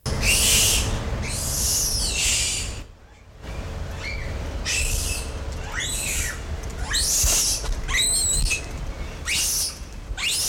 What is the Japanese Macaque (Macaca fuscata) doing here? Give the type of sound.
call